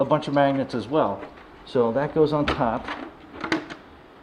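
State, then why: Seated. The magnetic top dome of a plastic electronic replica Darth Vader Black Series helmet is set onto the lower section while someone talks. A sharp click at 3.5 s shows it has seated in place.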